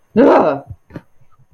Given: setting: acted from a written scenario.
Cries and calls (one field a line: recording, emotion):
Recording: vocal sound without words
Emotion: fear